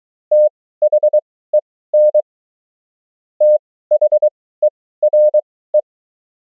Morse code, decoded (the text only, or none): THEN THERE